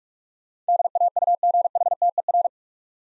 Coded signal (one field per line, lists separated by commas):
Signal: Morse code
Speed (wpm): 46 wpm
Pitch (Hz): 700 Hz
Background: none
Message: DAUGHTER